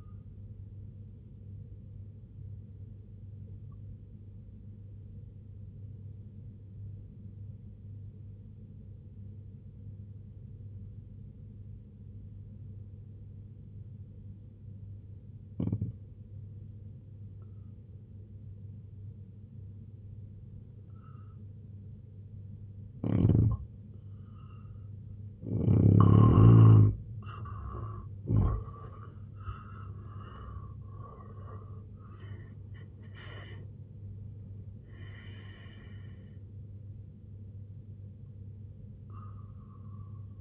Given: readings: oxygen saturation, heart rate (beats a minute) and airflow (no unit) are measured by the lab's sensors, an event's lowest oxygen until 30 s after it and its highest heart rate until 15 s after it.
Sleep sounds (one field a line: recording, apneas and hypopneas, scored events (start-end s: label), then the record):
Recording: breathing in sleep by a smartphone at the bedside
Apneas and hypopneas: 1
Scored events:
5.00-24.50 s: obstructive apnea (N1, oxygen 95% highest, then 86% lowest, heart rate 66 at the start, 96 highest)
10.00-40.41 s: new sleep stage, N2 (light sleep)
From the record:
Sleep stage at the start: N1 (lightest sleep)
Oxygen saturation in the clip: 86 to 95%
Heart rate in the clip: 64 to 96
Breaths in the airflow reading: 4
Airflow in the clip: -10.3 to 10.7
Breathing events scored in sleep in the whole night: 258 in 7.4 hours asleep